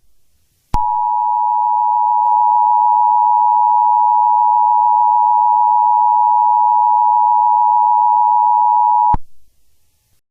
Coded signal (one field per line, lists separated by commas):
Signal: Emergency Alert System (SAME) tones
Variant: 853 and 960 Hz attention tone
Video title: EAS Scenario 3: Just Monika.